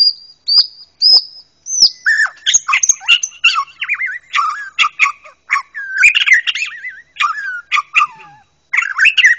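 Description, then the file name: White-rumped shama song: clear high whistles at first, then a rapid, varied run of rich warbled phrases, buzzy notes and sweeping slurs with short pauses between bursts. Malaysian white-rumped shama. "kicauan mb malaysia"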